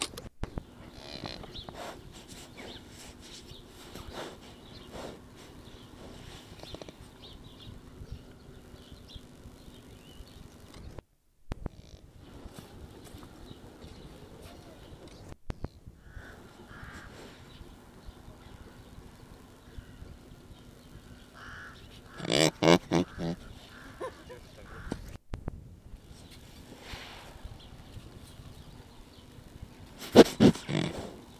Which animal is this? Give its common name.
Mule Deer